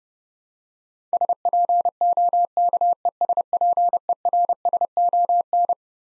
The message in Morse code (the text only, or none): SPOKESPERSON